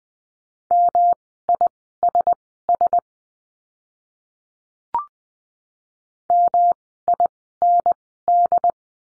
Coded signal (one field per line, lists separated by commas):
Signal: Morse code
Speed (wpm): 20 wpm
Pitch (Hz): 700 Hz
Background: none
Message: MISS MIND